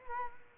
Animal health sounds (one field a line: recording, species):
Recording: mosquito wingbeat signal from an infrared sensor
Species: Culex quinquefasciatus